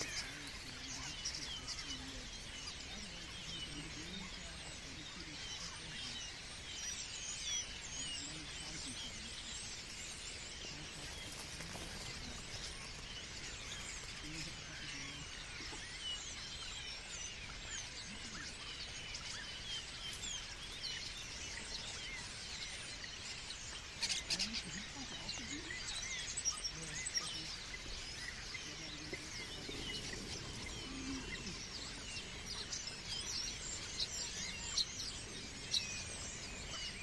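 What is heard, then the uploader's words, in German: Starlings chatter in the evening, a dense, continuous mass of overlapping whistles, clicks and squeaky chirps filling the upper range throughout. The level stays fairly even, with a few sharper calls standing out around the 24–28 second mark, and faint lower murmuring underneath. Stare am Abend. Mit meinem rauschärmsten Mikrophon aufgenommen.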